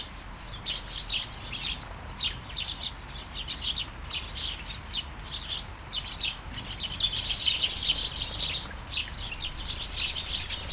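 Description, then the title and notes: Sparrow flock chirping steadily, quick high notes in overlapping bursts that grow busier toward the end. Flying sparrows in a garden at Taastrup, Denmark; early morning, light shower; recorded with Sony PCM-D100 internal mics. "Kærengen 8, 2630 Taastrup, Denmark - Flying sparrows. Flying sparrows in the garden, early morning. Light shower. Vols de moineaux dans le jardin, au petit matin. Pluie fine"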